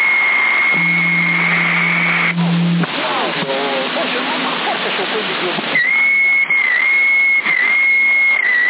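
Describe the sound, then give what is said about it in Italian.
A steady high-pitched whistle transmitted over a CB radio channel in Sassari, May 2022, comes through a hissy, narrow-band channel as a variable signal whose power is raised and lowered, fading out, then returning with slight wavers. A low droning tone and garbled, voice-like warbling fill the middle. “È un fischio questo.”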